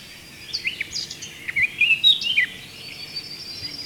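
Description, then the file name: Eurasian blackcap song: a brief run of scratchy warbling that peaks in a few loud, clear whistled notes around the middle, then fades into background hiss. "Sylvia atricapilla"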